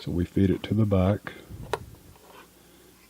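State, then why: Seated. Someone talks while blue needle thread is fed to the back into the tension guide of a Baby Lock Diana serger, model BL480A. A single sharp snap is heard at 1.7 s as the thread seats in the guide, followed by quiet.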